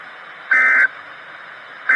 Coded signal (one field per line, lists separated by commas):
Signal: Emergency Alert System (SAME) tones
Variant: end-of-message bursts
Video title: REAL EAS 555-Severe thunderstorm warning